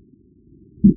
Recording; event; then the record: neck accelerometer signal played as sound; no cough (speech, laughter, throat clearing or background)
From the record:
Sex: male